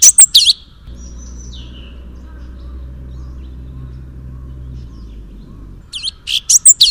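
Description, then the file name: Sooty-headed bulbul singing short, bright chirping phrases at the opening and again at the close, separated by about five seconds of low droning hum. "suara kicauan cucak cungkok. omkicau"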